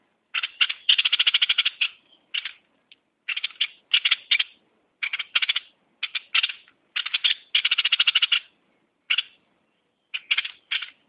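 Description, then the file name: Bulbul giving harsh, rasping chatter in repeated bursts, some long rattling runs of quick notes with brief pauses between. "merbah lekir"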